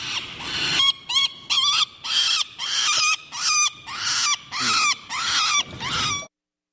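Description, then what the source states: Peregrine falcon alarm calls: harsh, wailing screams with strong harmonics in a rapid series, each bending in pitch, then abrupt silence. Angry calls of a nesting pair of peregrine falcons atop City Hall, Philadelphia, as a person visits their ledge.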